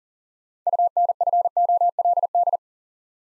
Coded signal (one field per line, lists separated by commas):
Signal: Morse code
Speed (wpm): 42 wpm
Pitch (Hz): 700 Hz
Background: none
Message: UNFOLD